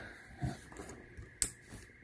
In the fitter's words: you can hear that audible click and now it's plugged in there